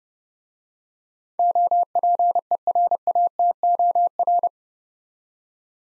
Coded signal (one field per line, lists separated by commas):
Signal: Morse code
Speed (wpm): 30 wpm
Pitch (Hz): 700 Hz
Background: none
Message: OPERATOR